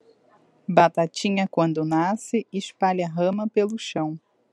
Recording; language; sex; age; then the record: short text; Brazilian Portuguese; female; 20 to 29 years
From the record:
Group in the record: control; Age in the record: 28 years